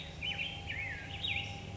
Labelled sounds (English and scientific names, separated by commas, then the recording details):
Black-headed Grosbeak (Pheucticus melanocephalus)
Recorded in Sonoma County, California